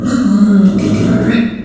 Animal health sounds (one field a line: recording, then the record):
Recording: squeal of a Yucatan mini pig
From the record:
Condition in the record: after surgery on the right vocal fold (resection and tissue-engineered implant)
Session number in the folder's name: 5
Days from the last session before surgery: 33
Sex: female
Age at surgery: 19 weeks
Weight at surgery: 25 kg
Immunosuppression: prednisolone